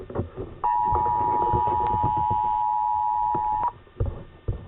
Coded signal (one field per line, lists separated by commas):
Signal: Emergency Alert System (SAME) tones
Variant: 853 and 960 Hz attention tone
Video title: EAS Relay FM/NOAA Weather Radio.